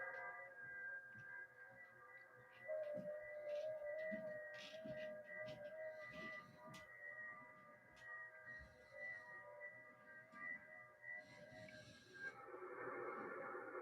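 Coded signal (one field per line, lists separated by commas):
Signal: FT8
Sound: several faint steady warbling tones together for about twelve seconds, with rustling bursts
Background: radio static, handling noise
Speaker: Oh, it worked great. Look at that, guys. Just putting it near the speaker of my Texan PL990X, it decoded.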